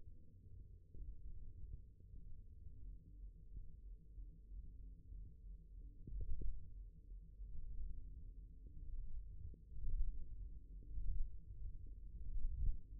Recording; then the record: forearm muscle sounds (acoustic myography)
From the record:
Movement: thumb flexion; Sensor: system 1, eight BSWA MPA416 microphones around the upper forearm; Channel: 5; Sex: male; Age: 23 years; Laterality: right